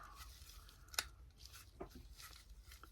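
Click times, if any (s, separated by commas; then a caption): 1.0 s. A 3D-printed plastic porch roof, fitted the right way round, is pressed onto an N scale 1920s Sears kit model house amid faint handling rustles. It snaps into place with a sharp click at 1.0 s and holds, followed by softer handling ticks.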